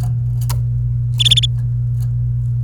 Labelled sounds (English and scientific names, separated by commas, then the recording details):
Domestic Canary (Serinus canaria) song
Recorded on 28 April 2018 at 12:07
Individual llb3